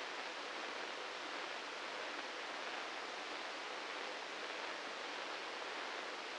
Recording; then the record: brain microelectrode recording played as sound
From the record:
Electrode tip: inside the subthalamic nucleus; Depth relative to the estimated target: -2 mm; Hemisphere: right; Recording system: NeuroSet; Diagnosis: Parkinson's disease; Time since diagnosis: 9 years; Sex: male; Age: 61 years